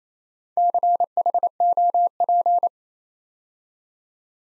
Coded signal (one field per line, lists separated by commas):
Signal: Morse code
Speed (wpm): 27 wpm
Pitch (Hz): 700 Hz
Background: none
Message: CHOP